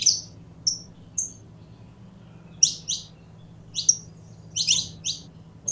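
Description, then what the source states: Belgian canary singing in sharp, high chirped phrases and quick trilled bursts, spaced irregularly with short pauses, over a soft steady low hum. Pure-bred Belgian canary.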